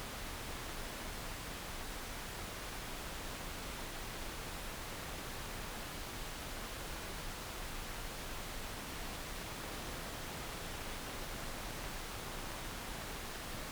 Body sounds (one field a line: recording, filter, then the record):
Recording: brain microelectrode recording played as sound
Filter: wide band, above 20 Hz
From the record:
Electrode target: subthalamic nucleus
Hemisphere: left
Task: reaching with the right hand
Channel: 2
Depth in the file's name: 0.251 mm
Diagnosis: Parkinson's disease